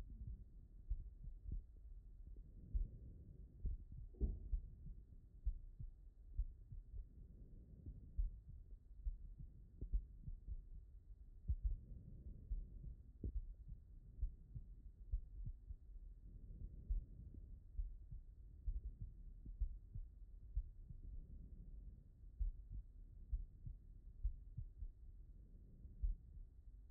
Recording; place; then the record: heart sounds by stethoscope; pulmonary valve (PV)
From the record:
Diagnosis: non-HFrEF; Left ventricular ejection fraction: 63%